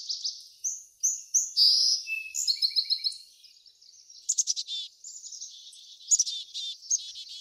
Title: Backyard Birds - Ambient Nature Bird Sounds